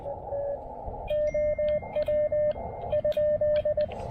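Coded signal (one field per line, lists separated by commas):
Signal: none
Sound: guitar notes in music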